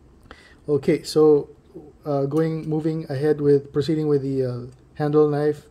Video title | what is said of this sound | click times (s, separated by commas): OPINEL No.8 Outdoors feature (2023) knife series part 6 | which, okay, at this open position, you just twist it to the either the left or the right, and the knife locks in place. | 0.3 s